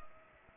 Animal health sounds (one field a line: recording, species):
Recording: mosquito wingbeat signal from an infrared sensor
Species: Culex pipiens